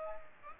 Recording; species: mosquito wingbeat signal from an infrared sensor; Aedes aegypti